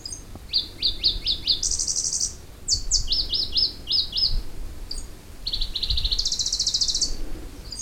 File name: warbler-pallas-leaf -Phylloscopus-proregulus